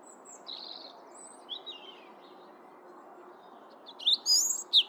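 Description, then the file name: European robin giving sparse, thin high notes and short sliding whistles, then a brighter burst of squeaky twittering near the end, against a steady low hiss. "Erithacus rubecula"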